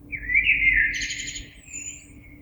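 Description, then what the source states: Common blackbird song: a single mellow fluted warble followed by a thin, high squeaky twitter, over a steady low hum. Recorded 26 April 2022.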